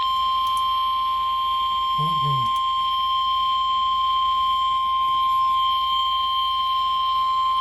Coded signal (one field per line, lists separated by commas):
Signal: Emergency Alert System (SAME) tones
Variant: 1050 Hz attention tone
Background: speech